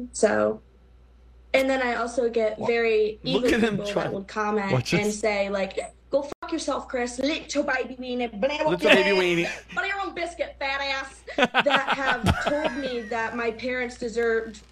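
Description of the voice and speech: An adult woman with Tourette syndrome speaks fluently in a clear mid-pitched voice, broken by sudden interjected phrases that run like a stream of consciousness: a repeated insult ('little baby weenie' twice) and crude words that do not fit her sentence. These abrupt, repeated and obscene outbursts are vocal tics of Tourette syndrome.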